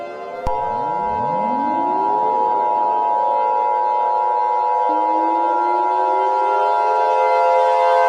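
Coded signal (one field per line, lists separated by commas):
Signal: Emergency Alert System (SAME) tones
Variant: 853 and 960 Hz attention tone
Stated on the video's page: Fictional EAS scenario.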